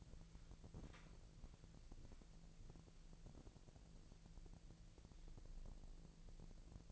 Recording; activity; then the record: daily activity, microphone in the room; walk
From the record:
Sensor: 5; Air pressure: 1002.2 hPa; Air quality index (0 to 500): 238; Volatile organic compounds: 26 ppm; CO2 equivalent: 2850 ppm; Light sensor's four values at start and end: 31/74/31/34 and 31/74/31/34